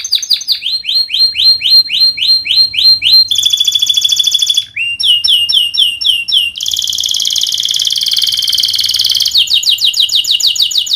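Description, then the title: Canary singing a long, loud song of rapid repeated notes, shifting into fast buzzy rolls and sweeping whistles. Vigorous singing canary (gacor) praised for the best cengkok phrasing and rich isian fill-in notes; Indonesian songbird-keeping (kicaumania) context. "Kenari Gacor Cengkok Terbaik Isian Paling Mewah Kenarigacor Kicaumania Kenari"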